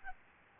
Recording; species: mosquito wingbeat signal from an infrared sensor; Aedes albopictus